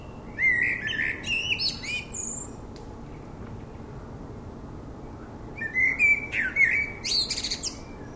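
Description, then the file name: Common blackbird song: two phrases, each opening with low mellow fluted warbles and ending in a thin, squeaky high twitter, separated by a few seconds of quiet. "Turdus merula"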